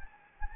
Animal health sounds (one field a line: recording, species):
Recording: mosquito wingbeat signal from an infrared sensor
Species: Anopheles gambiae